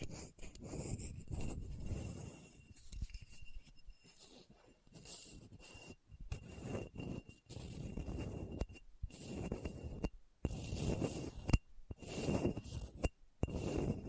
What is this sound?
Hard and Bumpy Surface Scratching